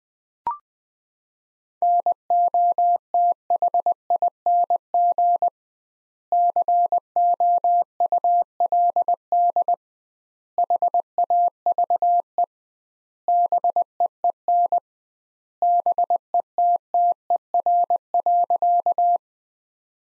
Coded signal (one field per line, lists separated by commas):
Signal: Morse code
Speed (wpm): 21 wpm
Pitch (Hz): 700 Hz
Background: none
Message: NOTHING COULD HAVE BEEN BETTER.